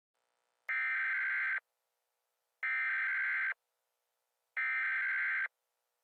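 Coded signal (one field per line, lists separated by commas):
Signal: Emergency Alert System (SAME) tones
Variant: header bursts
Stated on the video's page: Fictional EAS scenario about a prison break.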